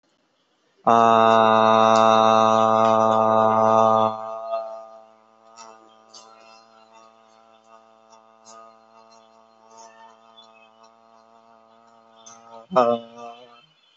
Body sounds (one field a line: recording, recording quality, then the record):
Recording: sustained vowel as in made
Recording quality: excellent, no background noise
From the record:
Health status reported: COVID-19 positive, mild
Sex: male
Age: 22 years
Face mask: not worn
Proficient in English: yes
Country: India